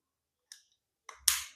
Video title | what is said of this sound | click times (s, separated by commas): GO PRO HERO 12 CREATOR EDITION - UNBOXING & FIRST IMPRESSION | இப்போ பக்காவா lock ஆயிடுச்சு | 1.3 s